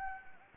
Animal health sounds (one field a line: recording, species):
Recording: mosquito wingbeat signal from an infrared sensor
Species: Anopheles gambiae